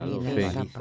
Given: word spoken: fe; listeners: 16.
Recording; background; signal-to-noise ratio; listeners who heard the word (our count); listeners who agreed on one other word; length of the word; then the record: one Spanish word in noise, from a listening test; four-talker babble; -0.2 dB; 0 of 16; 7 of 16; 0.41 s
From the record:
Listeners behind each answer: 7, 1, 1, 1, 1, 1, 1, 1, 1, 1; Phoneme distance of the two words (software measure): 21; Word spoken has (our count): 1 syllable, 2 phonemes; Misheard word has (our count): 2 syllables, 5 phonemes, stress on syllable 2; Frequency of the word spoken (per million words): 72.85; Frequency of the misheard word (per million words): 60.26